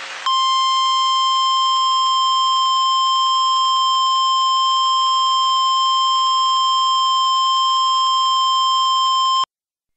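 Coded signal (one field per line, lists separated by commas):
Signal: Emergency Alert System (SAME) tones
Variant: 1050 Hz attention tone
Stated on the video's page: Mock EAS scenario for a Mount Rainier eruption, not a real alert.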